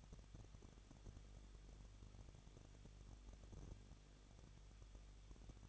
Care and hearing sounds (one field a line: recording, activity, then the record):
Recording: daily activity, microphone in the room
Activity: no activity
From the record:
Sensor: 4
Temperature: 23.1 degrees Celsius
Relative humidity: 34.0%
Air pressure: 1007.2 hPa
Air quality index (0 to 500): 216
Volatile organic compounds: 15 ppm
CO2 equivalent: 2489 ppm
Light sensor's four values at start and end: 2/3/1/1 and 2/3/1/1